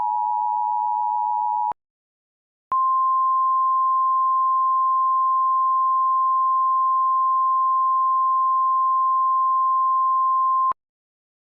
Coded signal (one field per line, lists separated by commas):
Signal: Emergency Alert System (SAME) tones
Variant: 853 and 960 Hz attention tone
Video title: EAS Scenario #3: Critical Flare